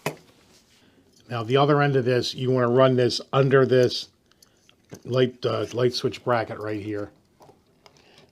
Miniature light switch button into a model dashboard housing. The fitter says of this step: you should be able to push that in here a click